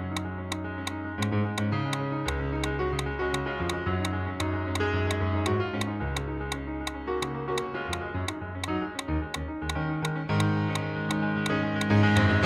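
A metronome ticks at a running pace of 170 steps per minute, crisp bright clicks landing evenly about three times a second. Underneath runs a steady music bed with a deep, shifting bass line and sustained chords that stay level throughout.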